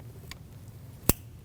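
An electrical connector is pushed onto an ignition coil on the 4.0L engine of a 2010-2024 Toyota 4Runner after being inspected, during spark plug maintenance with no ignition code or running condition. A faint tick comes at 0.3 s, then a sharp, bright click at 1.1 s as the connector seats.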